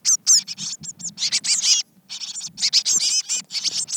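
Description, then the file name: Eurasian blue tit calls, a busy jumble of thin high notes and harsher buzzy chatter, pausing briefly midway before resuming. "Cyanistes caeruleus"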